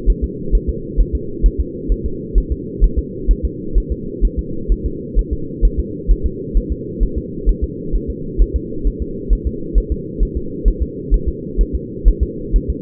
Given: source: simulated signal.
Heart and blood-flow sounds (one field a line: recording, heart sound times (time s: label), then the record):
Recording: fetal heart sounds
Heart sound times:
0.10 s: S1
0.24 s: S2
0.55 s: S1
0.69 s: S2
1.00 s: S1
1.15 s: S2
1.46 s: S1
1.60 s: S2
1.92 s: S1
2.06 s: S2
2.38 s: S1
2.52 s: S2
2.84 s: S1
2.99 s: S2
3.31 s: S1
3.45 s: S2
3.78 s: S1
3.92 s: S2
4.25 s: S1
4.39 s: S2
4.72 s: S1
4.86 s: S2
5.19 s: S1
5.33 s: S2
5.65 s: S1
5.80 s: S2
6.11 s: S1
6.26 s: S2
6.57 s: S1
6.72 s: S2
7.03 s: S1
7.18 s: S2
7.49 s: S1
7.64 s: S2
7.95 s: S1
8.10 s: S2
8.42 s: S1
8.56 s: S2
8.87 s: S1
9.02 s: S2
9.33 s: S1
9.47 s: S2
9.78 s: S1
9.92 s: S2
10.23 s: S1
10.37 s: S2
10.68 s: S1
10.82 s: S2
11.14 s: S1
11.29 s: S2
11.61 s: S1
11.75 s: S2
12.08 s: S1
12.23 s: S2
12.56 s: S1
12.70 s: S2
From the record:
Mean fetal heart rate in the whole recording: 130 bpm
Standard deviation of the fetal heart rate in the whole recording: 2 bpm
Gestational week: 36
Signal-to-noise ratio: -4.3 dB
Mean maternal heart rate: 72 bpm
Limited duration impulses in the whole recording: absent